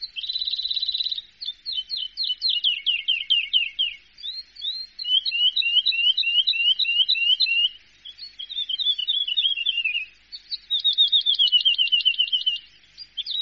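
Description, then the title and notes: Bird song, an opening buzzy trill followed by varied phrases of rapid descending notes and twittering runs, high-pitched and energetic. "Bird Sound. Kicau Burung Lengkap"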